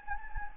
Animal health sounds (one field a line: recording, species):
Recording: mosquito wingbeat signal from an infrared sensor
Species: Anopheles gambiae